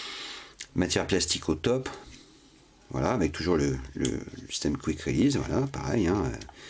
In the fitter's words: ça clipse he par contre je vous dis hein he c'est il y a pas un P de jeu